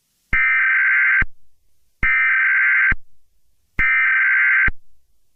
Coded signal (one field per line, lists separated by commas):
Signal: Emergency Alert System (SAME) tones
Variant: header bursts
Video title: The Purge: Remastered ~ A Remastered EAS Mini scenario